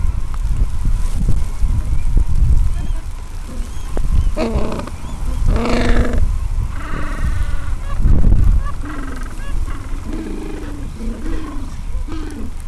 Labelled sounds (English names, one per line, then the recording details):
Gentoo Penguin
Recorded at the colony at Gold Harbour, on 26 December 2014
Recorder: Song Meter SM2+